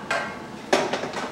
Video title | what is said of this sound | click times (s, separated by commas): Waring LiquiLock® Food Processor (Industry's Best Blender) | to right snaps right in place | 0.1 s, 0.7 s